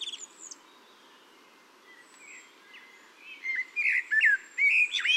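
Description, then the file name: Common blackbird song, quiet at first, then a burst of warbled, rising and falling whistles with high twittery notes over the last two seconds. "Turdus merula"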